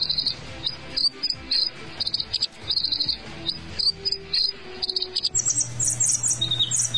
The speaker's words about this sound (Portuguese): Que lindo o canto desse pássaro, não? Sim, bonito mesmo. Mas como ele se chama? É o Sinalaxis colare ou João de Barba Grisalha. E ele tem 15 centímetros e meio de tamanho.